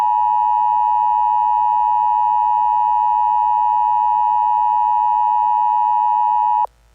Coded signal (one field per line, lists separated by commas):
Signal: Emergency Alert System (SAME) tones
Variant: 853 and 960 Hz attention tone